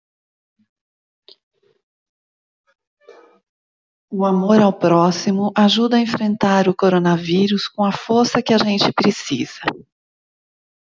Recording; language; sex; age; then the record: spoken sentence; Brazilian Portuguese; female; 50 to 59 years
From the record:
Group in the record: control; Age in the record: 56 years